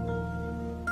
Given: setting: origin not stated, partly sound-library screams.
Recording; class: one-second piece from a danger detection set; normal situation